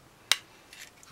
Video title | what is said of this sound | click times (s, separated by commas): *GundamModels* 1/1200 White Base - Part 5 | now this guy SL snaps into place pretty good | 0.3 s